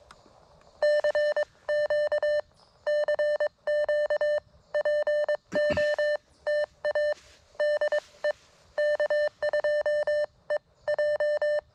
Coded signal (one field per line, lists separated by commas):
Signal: Morse code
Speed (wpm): 23 wpm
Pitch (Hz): 600 Hz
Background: none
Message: CQ CQ POTA DE K2EJ